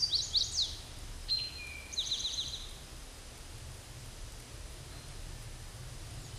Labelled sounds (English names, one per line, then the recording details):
Eastern Towhee song
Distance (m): 20 m
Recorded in a Pennsylvania forest on 17 May 2023 at 12:10
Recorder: AudioMoth, point grid1_19_low
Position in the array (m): 116 m, 213 m